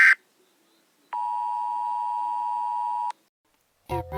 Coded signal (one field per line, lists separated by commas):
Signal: Emergency Alert System (SAME) tones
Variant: 853 and 960 Hz attention tone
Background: speech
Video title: Very short eas scenario (Acid rain)